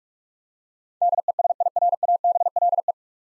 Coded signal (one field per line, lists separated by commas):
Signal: Morse code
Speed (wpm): 46 wpm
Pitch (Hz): 700 Hz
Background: none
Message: DESIRABLE